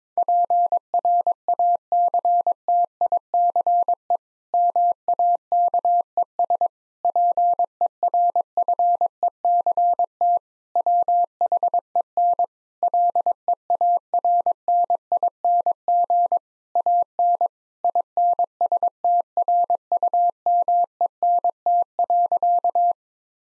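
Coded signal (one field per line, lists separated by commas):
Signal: Morse code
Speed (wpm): 22 wpm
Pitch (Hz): 700 Hz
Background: none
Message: PRACTICE MAKES PERFECT WHEN LEARNING AN INSTRUMENT.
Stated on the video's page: Morse practice at 22 wpm: difficult sentences with contextual hints as priming for copying.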